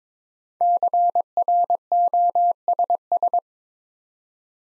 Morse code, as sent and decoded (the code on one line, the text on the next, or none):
-.-. .-. --- ... ...
CROSS